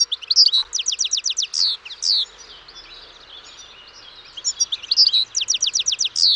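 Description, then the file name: European goldfinch calls: two bouts of rapid, high, liquid twittering notes in quick series, separated by a brief quieter pause. "Carduelis carduelis"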